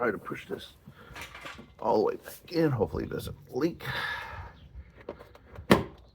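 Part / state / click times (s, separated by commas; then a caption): windshield washer pump into washer fluid reservoir grommet / seated / 5.7 s. Someone talks while a windshield washer pump motor from a Mustang is pushed back into its rubber grommet in the plastic washer fluid reservoir. A few faint clicks and scuffs follow, then a sharp pop at 5.7 s as the pump seats fully in the grommet.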